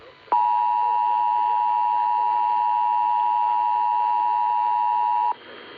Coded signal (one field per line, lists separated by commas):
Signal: Emergency Alert System (SAME) tones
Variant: 853 and 960 Hz attention tone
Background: speech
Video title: EAS #26-31: SW ND High Wing Warning,Kansas RMT, Olmsted 911 Outage, DC, VA Amber Alert, & NOAA RWT